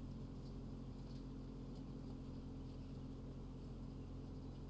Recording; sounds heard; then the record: poultry house recording; healthy chickens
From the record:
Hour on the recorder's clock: 22